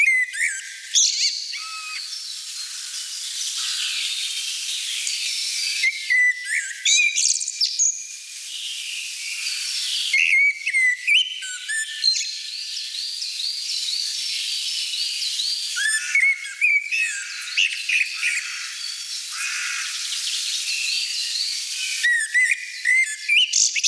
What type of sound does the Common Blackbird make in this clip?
song